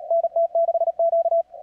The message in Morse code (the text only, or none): NT6Q